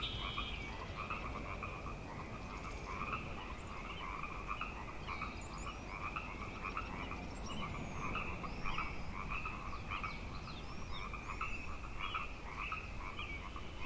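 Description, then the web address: Frog chorus, dense rhythmic croaking from many frogs throughout, with frequent short bird chirps above. Frog chorus tuning up at Grafton Lake, 3 May 2009. "The Frog Chorus Tunes Up On Grafton Lake frogs 090503"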